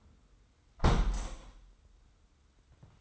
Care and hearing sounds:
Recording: daily activity, microphone in the room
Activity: close window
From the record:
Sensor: 3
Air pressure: 990.2 hPa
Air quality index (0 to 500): 187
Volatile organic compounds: 1000 ppm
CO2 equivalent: 6104 ppm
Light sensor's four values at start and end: 32/77/31/29 and 33/77/31/29

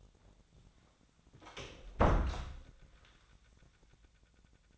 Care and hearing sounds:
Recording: daily activity, microphone in the room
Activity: close door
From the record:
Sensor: 3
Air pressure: 1009.2 hPa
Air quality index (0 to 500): 198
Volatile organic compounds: 4 ppm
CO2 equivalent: 1597 ppm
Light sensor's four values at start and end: 44/115/50/50 and 43/114/49/49

